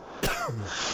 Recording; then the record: coughing mixed with background sound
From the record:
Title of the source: Coughing 51